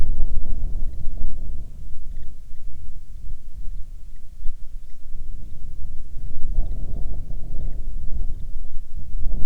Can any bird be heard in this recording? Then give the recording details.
yes. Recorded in the Arctic National Wildlife Refuge, Alaska, on 9 July 2019 at 22:13. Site 48